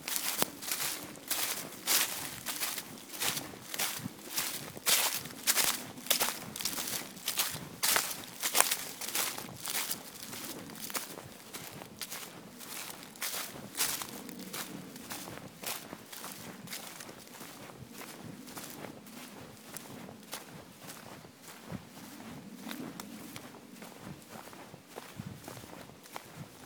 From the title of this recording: Forrest Walk in Bergerac, France